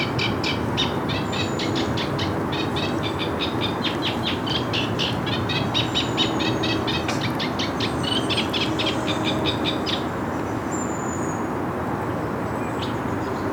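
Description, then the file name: Eurasian reed warbler song: rhythmic churring and chattering notes for about ten seconds, then quieter with a few thin high whistles, against constant low background noise. "Acrocephalus scirpaceus - Eurasian Reed Warbler"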